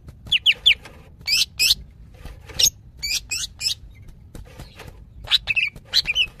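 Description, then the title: Greater green leafbird chattering in quick triplets and pairs of scratchy notes, with brief gaps and a lively run of chirps at the close. Female calling a male, described as highly vocal (gacor hiper). "CUCAK IJO BETINA GACOR HIPER MEMANGGIL JANTAN"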